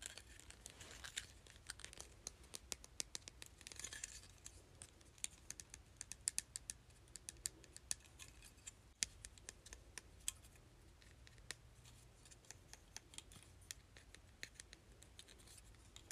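Hair clip sounds in ASMR style: a run of sharp, crisp clicks and snaps mixed with crinkly, rustling handling. The clicks come irregularly throughout, thickest in the first four seconds, with a soft low hum underneath.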